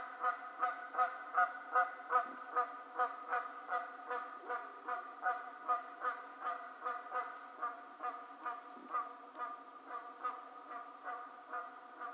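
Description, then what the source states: Canada goose giving a long run of repeated nasal honks, roughly two to three per second, steady and rhythmic throughout without pause. Recorded 20 March 2007.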